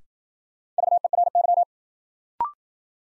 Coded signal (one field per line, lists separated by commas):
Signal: Morse code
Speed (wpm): 53 wpm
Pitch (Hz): 700 Hz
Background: none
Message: VERY